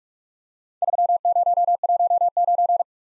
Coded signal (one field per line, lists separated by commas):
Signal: Morse code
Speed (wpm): 48 wpm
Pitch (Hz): 700 Hz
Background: none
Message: 3019